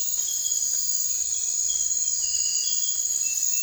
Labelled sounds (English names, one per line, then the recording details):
none
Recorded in dense forest near Puerto Asís, Putumayo, Colombia, on 21 December 2024 at 03:00
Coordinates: 0.468, -76.322
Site G071